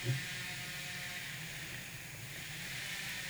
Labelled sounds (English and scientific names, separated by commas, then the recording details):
none
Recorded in pastures near Puerto Asís, Putumayo, Colombia, on 27 June 2025 at 15:00
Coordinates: 0.486, -76.323
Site H29